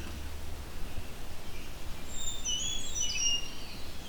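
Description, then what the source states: Brown Creeper song: a brief phrase of very high, thin notes in the second half, over faint background hiss. Apparently two birds singing together in the Halton Forest; very high-pitched song, a short, less complicated version of a winter wren's.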